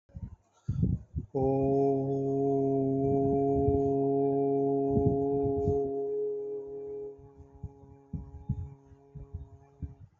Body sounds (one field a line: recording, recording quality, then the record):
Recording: sustained vowel as in boot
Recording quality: excellent, no background noise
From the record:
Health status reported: healthy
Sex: male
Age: 27 years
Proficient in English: yes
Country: India